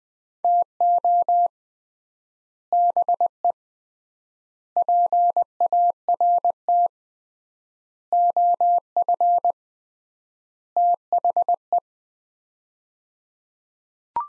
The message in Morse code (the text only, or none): TO BE PART OF THE